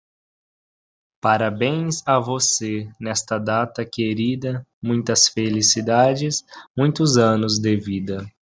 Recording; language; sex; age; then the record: short text; Brazilian Portuguese; male; 20 to 29 years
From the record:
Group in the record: control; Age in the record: 21 years